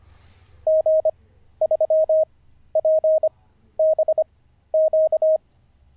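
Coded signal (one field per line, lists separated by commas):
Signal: Morse code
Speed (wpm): 25 wpm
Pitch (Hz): 620 Hz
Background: none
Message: G3PBQ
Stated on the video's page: Live-streamed daily CW learning practice session.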